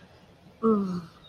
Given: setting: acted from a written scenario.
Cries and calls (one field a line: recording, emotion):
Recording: vocal sound without words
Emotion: guilt